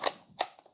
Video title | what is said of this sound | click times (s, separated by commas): Hamilton Beach Electric Knife 74250R Review & How To Use It | then you're going to slide them into here until they click | 0.1 s, 0.4 s